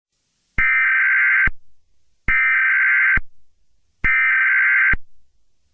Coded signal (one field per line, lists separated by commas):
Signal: Emergency Alert System (SAME) tones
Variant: header bursts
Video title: Eas Scenario 002 - Nuclear Power Plant Incident